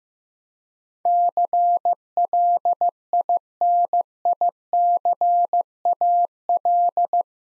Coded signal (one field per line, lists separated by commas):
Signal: Morse code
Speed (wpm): 15 wpm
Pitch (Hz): 700 Hz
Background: none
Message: CLINICAL